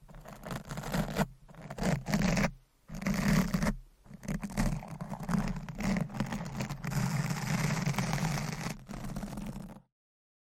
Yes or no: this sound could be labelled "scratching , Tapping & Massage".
yes